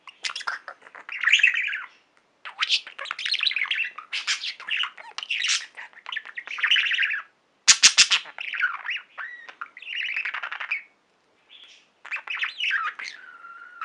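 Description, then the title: Budgerigar chatter: dense bursts of scratchy warbles, clicks and squeaky chirps, broken by brief pauses, with one sharp loud click midway. "Budgie Sounds"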